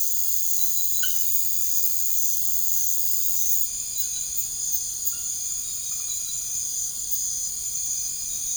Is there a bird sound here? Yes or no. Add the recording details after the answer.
no. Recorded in secondary vegetation near Puerto Asís, Putumayo, Colombia, on 21 March 2025 at 02:30. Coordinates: 0.489, -76.322. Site G042